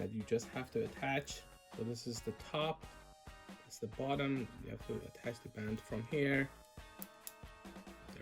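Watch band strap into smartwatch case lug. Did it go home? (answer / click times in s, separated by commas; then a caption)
yes / 7.0 s, 7.3 s. Someone talks over background music while pushing the bottom strap of a band into its slot on the case of a TOZO S6 1.85" AMOLED smartwatch. Two sharp, short clicks at 7.0 s and 7.3 s mark the strap latching into place, confirming it is seated.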